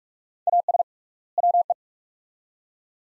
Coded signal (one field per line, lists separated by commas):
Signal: Morse code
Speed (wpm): 44 wpm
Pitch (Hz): 700 Hz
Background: none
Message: AS WE